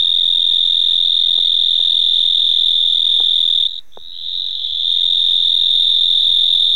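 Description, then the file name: Mottled shovel-nosed frog producing a sustained, piercing insect-like buzz, cut by a brief pause midway before resuming at the same steady high pitch. "Hemisus marmoratus"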